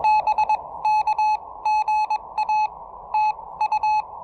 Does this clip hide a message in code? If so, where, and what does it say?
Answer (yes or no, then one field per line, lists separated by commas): yes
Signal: Morse code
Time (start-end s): 0.0-4.0 s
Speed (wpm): 21 wpm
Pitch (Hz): 860 Hz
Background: none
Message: BK GA TU